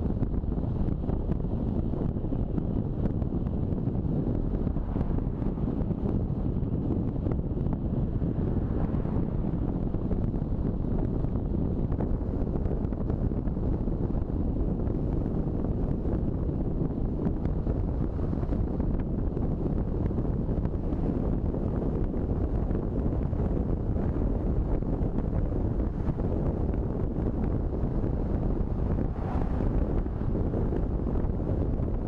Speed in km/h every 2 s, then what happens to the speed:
36, 37, 37, 39, 40, 41, 42, 43, 44, 46, 47, 47, 48, 49, 49, 50.
0-32 speeds up to 50.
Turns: none.